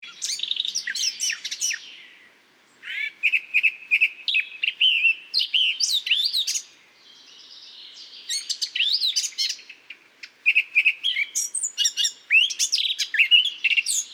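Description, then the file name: Eurasian blackcap song in bursts of fast twittering and slurred whistles, with quieter gaps between phrases. "Sylvia atricapilla"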